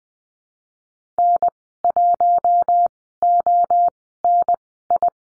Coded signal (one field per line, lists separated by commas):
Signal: Morse code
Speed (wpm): 20 wpm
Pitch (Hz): 700 Hz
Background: none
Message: N1ONI